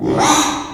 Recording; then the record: squeal of a Yucatan mini pig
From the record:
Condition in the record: after surgery on the right vocal fold (resection and tissue-engineered implant); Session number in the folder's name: 3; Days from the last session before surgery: 33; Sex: male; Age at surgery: 12 weeks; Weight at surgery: 13 kg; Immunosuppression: cyclosporine, prednisolone